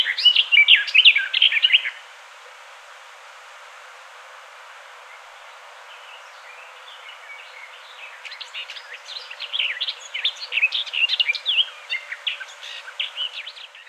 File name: Sylvia borin